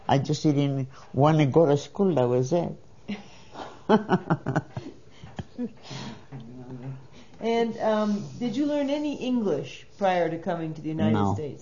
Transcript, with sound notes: I just didn't want to go to school. That was it. ( they laugh )
And did you learn any English prior to coming to the United States?